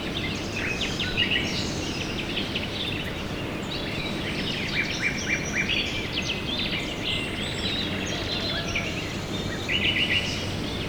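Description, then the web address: Many birds singing together, busy high chirps and short trills filling the whole stretch, over a continuous low background roar. Recorded at dawn, 5 a.m. "poloska hajnal 5 ora madarak skalapotamia"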